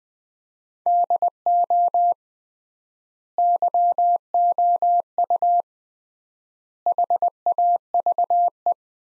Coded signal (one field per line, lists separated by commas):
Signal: Morse code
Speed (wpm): 20 wpm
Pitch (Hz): 700 Hz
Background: none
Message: DO YOU HAVE